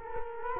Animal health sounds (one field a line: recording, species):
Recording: mosquito wingbeat signal from an infrared sensor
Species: Culex quinquefasciatus